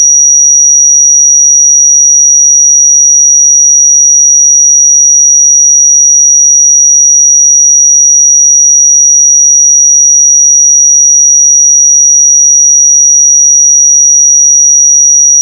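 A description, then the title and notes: A pure sine tone at 5778 Hz sounds continuously from start to finish, with no change in pitch or loudness. The steady, thin, high whistle stands alone against complete silence, with no other sounds underneath. 5778 Hz 1 Hz Interval Sine Pure Tone Frequency 441000 Sample Mono.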